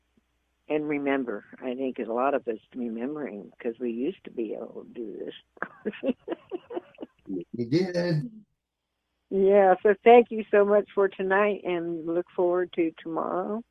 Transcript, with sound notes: and remember. I think there's a lot of us remembering 'cause we used to be able to do this. (laughs)
We, we did.
Yeah, so thank you so much for tonight, and look forward to tomorrow.